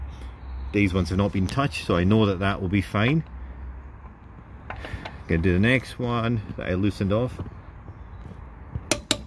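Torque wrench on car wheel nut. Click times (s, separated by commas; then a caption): 8.9 s, 9.1 s. Someone talks while a click-type torque wrench tightens a previously loosened wheel nut on a car. Two sharp metallic clicks come at 8.9 s and 9.1 s as the wrench breaks at its set torque, confirming the nut is torqued.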